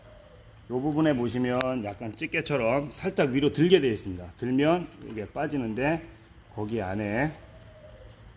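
Someone talks while handling a baby swing seat, lifting the part near its hook that is meant to go into the swing frame's catch. No click is heard; the hook has not yet been pushed in, so nothing has seated or clicked into the mount.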